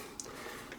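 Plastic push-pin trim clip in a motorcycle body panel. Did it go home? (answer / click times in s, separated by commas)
released / 0.2 s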